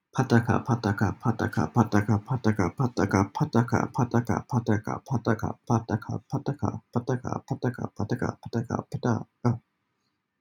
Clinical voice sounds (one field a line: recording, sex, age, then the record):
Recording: repeated syllables /pa ta ka/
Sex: male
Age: 30 to 39 years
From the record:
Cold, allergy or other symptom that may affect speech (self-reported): no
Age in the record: 36 years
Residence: United States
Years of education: 20